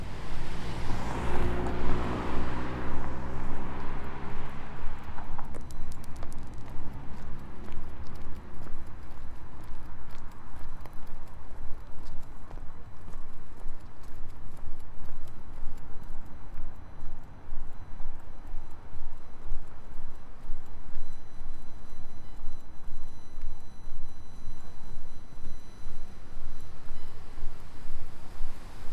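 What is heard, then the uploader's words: Street sounds on Nefelejcs street. A loud vehicle engine dominates the first five seconds, its low drone shifting in pitch as it passes, then fades into a steady, dense traffic rumble dotted with light clicks and taps until the end. Nefelejcs street.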